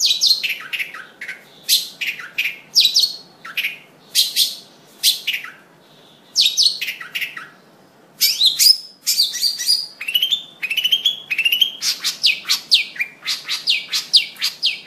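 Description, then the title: Long-tailed shrike singing a busy, varied string of rasping chatters and sharp whistled notes, with a brief pause midway. Combination song style (kicau kombinasi). "Kicau Pentet Kombinasi"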